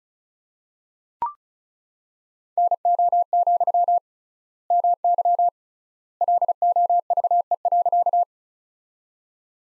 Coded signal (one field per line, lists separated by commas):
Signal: Morse code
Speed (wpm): 34 wpm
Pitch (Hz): 700 Hz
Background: none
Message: NO, MY LOVE.